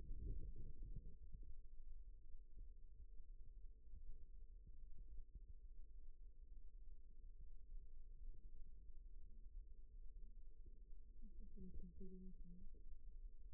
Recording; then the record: forearm muscle sounds (acoustic myography)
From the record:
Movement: rest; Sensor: system 2, bracelet of six BSWA MPA416 microphones around the upper forearm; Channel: 4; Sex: male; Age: 22 years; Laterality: right